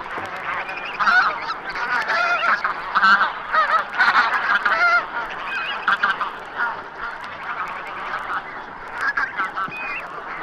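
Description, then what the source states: Greater white-fronted goose: geese calling in a dense flock, overlapping yelping cries over a constant cackling chorus of many geese. At sunset, flock gathering from pastures and fields to roost on a lake in Mecklenburg, Germany, migrating from Siberian tundra to western European winter quarters, amid hundreds of cackling geese; cries described as jubilant.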